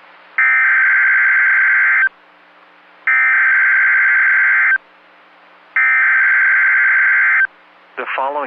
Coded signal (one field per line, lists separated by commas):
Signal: Emergency Alert System (SAME) tones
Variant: header bursts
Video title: EAS Child Abduction Emergency (AMBER Alert) Malvern, Arkansas NOAA Weather Radio